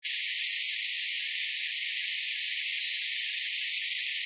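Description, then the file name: Long-tailed tit calls: two thin, very high, level whistled notes about three seconds apart over a steady hiss. "enaga"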